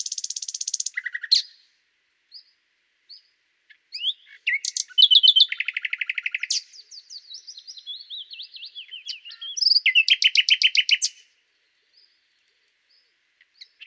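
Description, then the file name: Common nightingale singing varied phrases: rapid trills, a series of loud pulsed notes, soft chirps and a fast rattling burst, separated by brief silences. "Luscinia megarhynchos"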